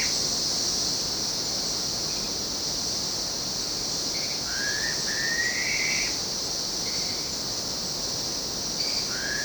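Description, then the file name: Black-faced pitta uttering rising whistles, a short note closely followed by a longer one and another near the end, with faint extra notes and a constant shrill insect hum. "pitta anerythra"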